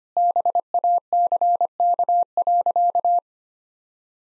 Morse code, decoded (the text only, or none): BACK.